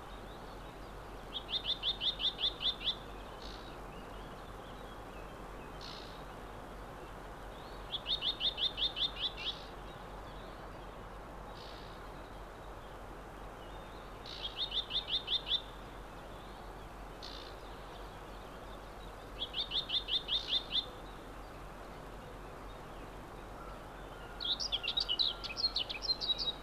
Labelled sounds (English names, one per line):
Common Whitethroat song